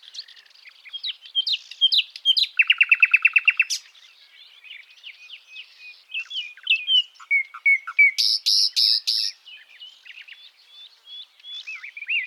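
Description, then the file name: Common nightingale song, a varied run of sharp whistles and chirps, a rapid rattling trill in the middle, then a loud pulsed burst of high notes and more scattered phrases. "Luscinia megarhynchos"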